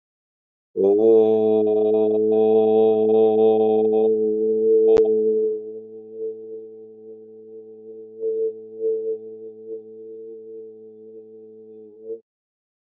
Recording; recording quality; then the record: sustained vowel as in boot; excellent, no background noise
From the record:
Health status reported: healthy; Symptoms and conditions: hypertension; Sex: male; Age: 52 years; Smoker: not ticked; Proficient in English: no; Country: India